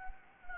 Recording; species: mosquito wingbeat signal from an infrared sensor; Anopheles gambiae